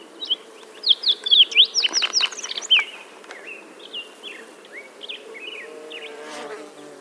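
Green-tailed towhee phrase of sharp, clear slurred notes in a fast series, then softer scattered chirps over steady background noise.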